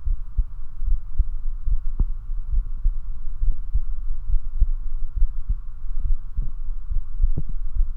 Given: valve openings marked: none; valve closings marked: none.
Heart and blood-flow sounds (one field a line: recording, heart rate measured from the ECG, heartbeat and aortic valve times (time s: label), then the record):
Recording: heart sounds by stethoscope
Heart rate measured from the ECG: 70 bpm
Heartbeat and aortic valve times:
0.09 s: heartbeat (ECG mark)
0.90 s: heartbeat (ECG mark)
1.70 s: heartbeat (ECG mark)
2.55 s: heartbeat (ECG mark)
3.45 s: heartbeat (ECG mark)
4.32 s: heartbeat (ECG mark)
5.20 s: heartbeat (ECG mark)
6.08 s: heartbeat (ECG mark)
6.94 s: heartbeat (ECG mark)
7.79 s: heartbeat (ECG mark)
From the record:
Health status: healthy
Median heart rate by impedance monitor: 70 bpm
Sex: male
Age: 29 years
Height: 170 cm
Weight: 92 kg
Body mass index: 31.83